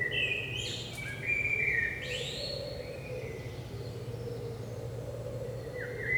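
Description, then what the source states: Common blackbird fluting phrase with a sharp high ending, then a long quieter stretch with a faint whistle near the end; a steady mid-pitched drone and low hum throughout. Blackbird singing early morning, 5 am, Saint-Gilles, Belgium; recorded with DPA 4060 microphones in AB position into a Zoom F3.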